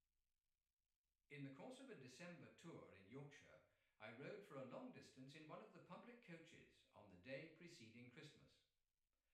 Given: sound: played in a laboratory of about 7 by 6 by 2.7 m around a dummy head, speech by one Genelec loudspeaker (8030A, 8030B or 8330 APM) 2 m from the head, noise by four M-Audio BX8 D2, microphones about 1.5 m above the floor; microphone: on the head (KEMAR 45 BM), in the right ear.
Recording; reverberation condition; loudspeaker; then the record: male speech in English; medium; behind (180 degrees)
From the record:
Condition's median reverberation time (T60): about 510 ms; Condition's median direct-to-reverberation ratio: about -0.5 dB